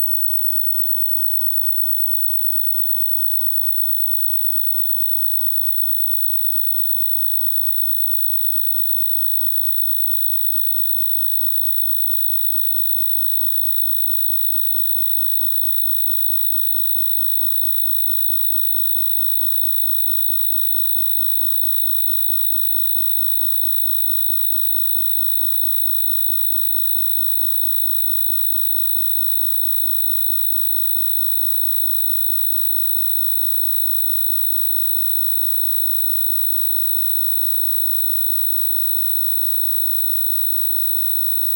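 Blended sine tones sustain throughout, with a dominant piercing high band and a fainter higher layer shimmering in a rapid flutter as close pitches beat against each other. Softer lower tones drift and swell slowly beneath, while the overall level stays steady.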